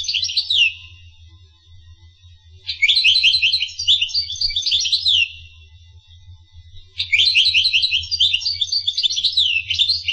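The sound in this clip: Finch song: bursts of rapid, high, sweeping chirps separated by quieter gaps, over a low hum.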